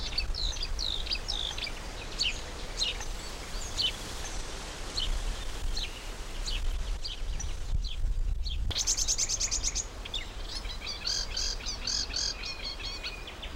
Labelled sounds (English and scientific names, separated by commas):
Marsh Warbler (Acrocephalus palustris)